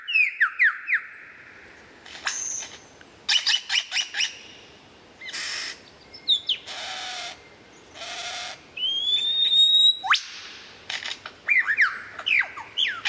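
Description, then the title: White-rumped shama song of falling whistled slurs, harsh rasping bursts and a long clear whistle, with short gaps between phrases. Described as the best murai batu of 2014, used for mastering (song training). "mster Mnuk. Mastering Murai Batu Terbaik 2014"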